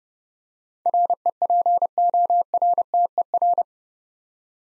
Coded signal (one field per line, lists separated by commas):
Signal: Morse code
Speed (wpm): 30 wpm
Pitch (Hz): 700 Hz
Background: none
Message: REPORTER